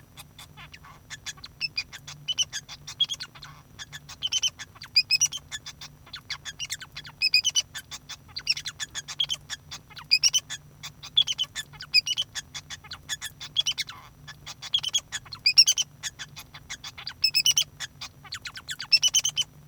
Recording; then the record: song of a male Bengalese finch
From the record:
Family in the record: son of father 2